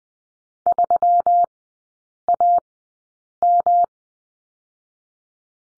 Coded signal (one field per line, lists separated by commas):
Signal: Morse code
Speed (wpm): 20 wpm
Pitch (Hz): 700 Hz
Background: none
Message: 3AM